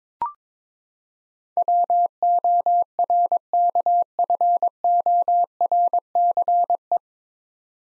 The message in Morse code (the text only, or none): WORKFORCE